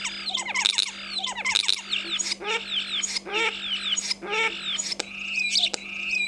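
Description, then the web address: Common starling song of quick downslurred whistles, squeaks and rattling clicks, a busy varied stream over a soft low hum. "vogelstimmen star xenocanto"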